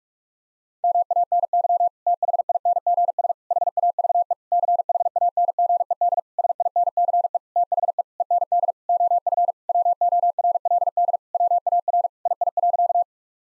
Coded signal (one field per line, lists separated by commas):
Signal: Morse code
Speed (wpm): 46 wpm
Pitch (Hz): 700 Hz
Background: none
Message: MANY THINGS HAVE CHANGED SINCE THE END OF WORLD WAR II.